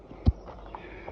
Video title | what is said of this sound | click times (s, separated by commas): Ford Focus DIY Air Filter Replacement...IT'S SO EASY | There, they're all snapped in place again. | 0.3 s, 0.8 s